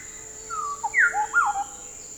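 Bird giving a short string of clear whistled notes, including a bright downslur, with a continuous high-pitched hum throughout.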